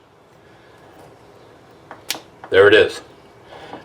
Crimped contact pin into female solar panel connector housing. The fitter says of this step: you'll hear it snap also when you get it in there